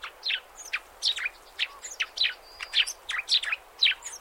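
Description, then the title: Eurasian tree sparrow chirping, a rapid irregular series of short, bright chips and twitters, with faint background hiss. "vogel der woche. Feldspatz"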